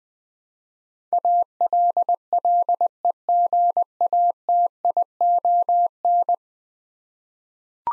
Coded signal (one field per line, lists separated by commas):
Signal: Morse code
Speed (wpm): 20 wpm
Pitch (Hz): 700 Hz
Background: none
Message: ALLEGATION